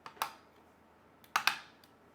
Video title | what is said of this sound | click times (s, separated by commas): 2023 How To - Maximize Airflow in Sabrent USB 3.0 HDD Dock - #1 | and this thing it kind of snaps into place so once you have all four in make sure you hear that click | 0.2 s, 1.4 s, 1.5 s